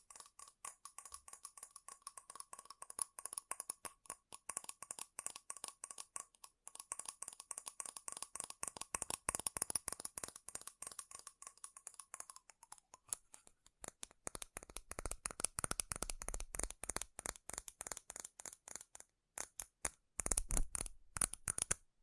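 Rapid, relentless tapping on metal, each strike a sharp bright tick with a ringing tone underneath in the first half. Around thirteen seconds the taps grow heavier and fuller, clattering in dense bursts with a few brief pauses near the end.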